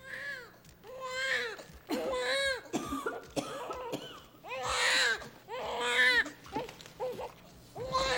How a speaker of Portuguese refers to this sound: Você não vai deixar o bebê aqui. Não gritando desse jeito.